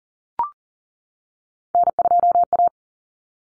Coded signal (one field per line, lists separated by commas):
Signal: Morse code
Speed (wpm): 40 wpm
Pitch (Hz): 700 Hz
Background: none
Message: N2A